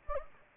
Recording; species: mosquito wingbeat signal from an infrared sensor; Anopheles gambiae